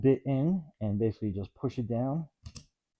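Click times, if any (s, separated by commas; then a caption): 2.5 s, 2.6 s. Someone talks while the collated auto-feed attachment is pushed down onto a VEVOR 20V Max 4200 RPM brushless cordless drywall screw gun; the fit takes a slight turn. Two quick, sharp clicks sound at 2.5 s and 2.6 s as the attachment locks in place.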